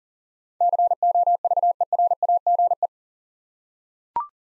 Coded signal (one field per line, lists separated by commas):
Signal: Morse code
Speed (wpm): 40 wpm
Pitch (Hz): 700 Hz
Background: none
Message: COVERAGE